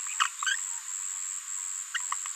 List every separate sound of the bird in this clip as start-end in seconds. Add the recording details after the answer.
1.94-1.98. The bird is a female. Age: 21 days. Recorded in a nest box in Venezuela. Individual 17B73B2